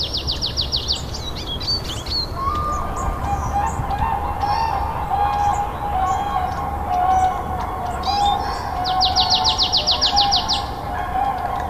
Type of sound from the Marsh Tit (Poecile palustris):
song